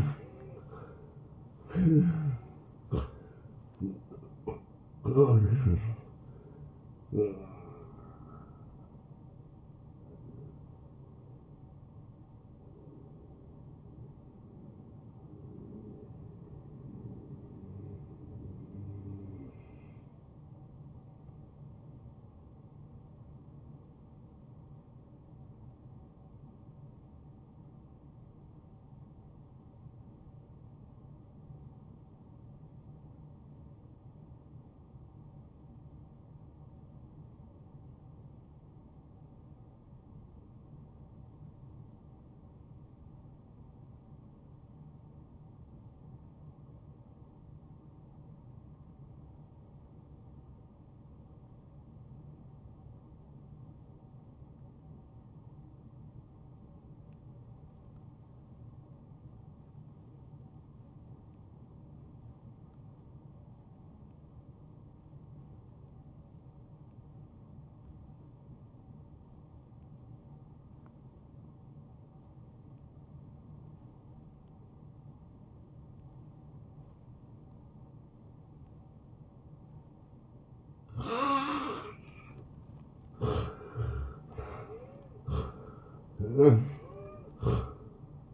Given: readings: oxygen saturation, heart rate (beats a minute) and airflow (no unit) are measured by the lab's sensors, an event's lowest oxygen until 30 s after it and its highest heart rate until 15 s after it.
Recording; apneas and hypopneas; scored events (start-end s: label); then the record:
breathing in sleep by a smartphone at the bedside; 1
28.00-79.90 s: obstructive apnea (N1, oxygen 96% highest, then 79% lowest)
59.00-88.34 s: new sleep stage, N2 (light sleep)
From the record:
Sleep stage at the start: N1 (lightest sleep); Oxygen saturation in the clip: 81 to 96%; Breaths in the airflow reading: 9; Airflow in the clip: -22.9 to 10.4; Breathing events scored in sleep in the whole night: 263 in 5.5 hours asleep